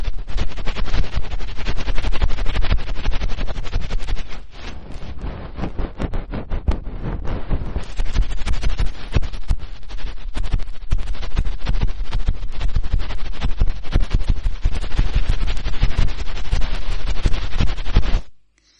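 Rapid, dense scratching and clicking from hard ear-picking, rough and crackly from deep lows to bright highs. The scraping runs almost nonstop, easing slightly between about four and seven seconds before building again, then cuts off sharply near eighteen seconds.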